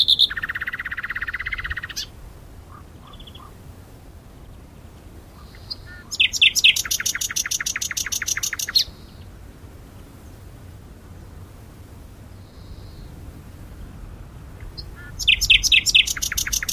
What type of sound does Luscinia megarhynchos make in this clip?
song